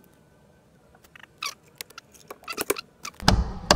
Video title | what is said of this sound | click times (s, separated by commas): Met Pa naar Duitsland inkoop VW UP & E-UP - Emiel's werkvlog | Click. Click. Yes. | 3.3 s, 3.7 s